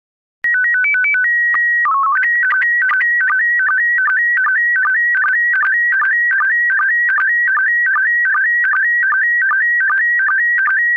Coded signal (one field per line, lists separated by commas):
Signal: SSTV (slow-scan television)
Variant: PD 50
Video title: Slow Scan Radio, August 15, 2018, Ep. 4